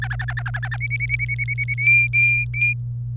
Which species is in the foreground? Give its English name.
Domestic Canary